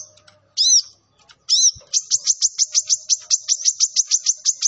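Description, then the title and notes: Sunbird song: two loud arched notes, then a fast, even series of high chirps repeated several times per second. Kolibri Ninja singing actively (gacor), with full fill-in phrases and 'tembakan' bursts, used as a lure for training other birds. "MASTERAN KOLIBRI NINJA TERBAIK FULL ISIAN DAN TEMBAKAN MEWAH COCOK BUAT PANCINGAN. Suara Burung Kolibri Ninja Gacor"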